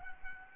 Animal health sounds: mosquito wingbeat signal from an infrared sensor; Aedes albopictus

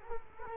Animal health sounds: mosquito wingbeat signal from an infrared sensor; Culex quinquefasciatus

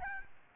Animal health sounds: mosquito wingbeat signal from an infrared sensor; Aedes albopictus

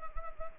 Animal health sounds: mosquito wingbeat signal from an infrared sensor; Anopheles gambiae

